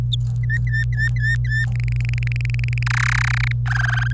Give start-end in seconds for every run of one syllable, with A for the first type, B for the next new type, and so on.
0.12-0.15 A, 0.43-1.65 B, 1.72-2.83 C, 2.86-3.52 D, 3.67-4.12 E